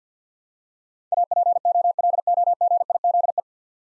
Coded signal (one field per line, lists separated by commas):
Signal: Morse code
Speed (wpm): 50 wpm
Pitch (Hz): 700 Hz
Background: none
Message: APOLOGIZE